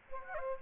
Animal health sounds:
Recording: mosquito wingbeat signal from an infrared sensor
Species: Aedes aegypti

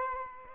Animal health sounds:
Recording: mosquito wingbeat signal from an infrared sensor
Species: Aedes albopictus

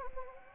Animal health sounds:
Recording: mosquito wingbeat signal from an infrared sensor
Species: Anopheles gambiae

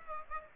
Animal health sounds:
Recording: mosquito wingbeat signal from an infrared sensor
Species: Aedes aegypti

